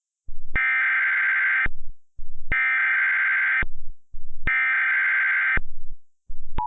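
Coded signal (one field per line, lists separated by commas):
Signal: Emergency Alert System (SAME) tones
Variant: header bursts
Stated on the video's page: Mock (simulated) EAS tornado warning mentioning Morristown.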